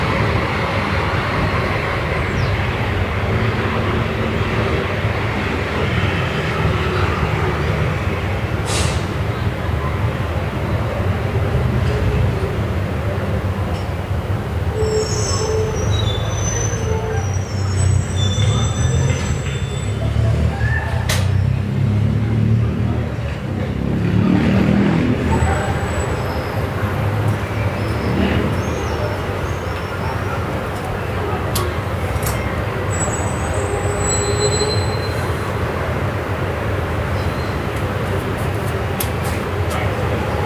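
Evening street ambience on Via Moscova in Milan, a steady, dense rumble of traffic with a heavy low hum throughout. Short, high metallic squeals, like tram wheels on rails, cut through around 15 to 22 seconds and again near 33 to 35 seconds.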